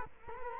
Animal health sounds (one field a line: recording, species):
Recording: mosquito wingbeat signal from an infrared sensor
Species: Culex quinquefasciatus